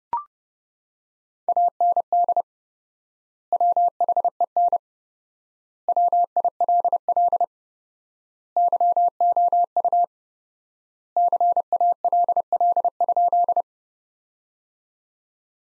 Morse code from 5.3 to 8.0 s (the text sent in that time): WILL